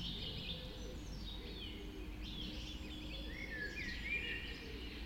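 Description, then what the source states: Birds singing together, mixed warbles and a few whistled notes over a steady low rumble. Dawn chorus recorded just after dawn in the Forest of Dean.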